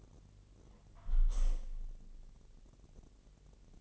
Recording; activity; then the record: daily activity, microphone in the room; close window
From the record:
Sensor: 4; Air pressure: 1001.1 hPa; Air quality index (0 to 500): 245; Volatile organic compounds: 43 ppm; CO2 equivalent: 3192 ppm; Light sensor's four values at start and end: 9/20/8/7 and 9/20/8/7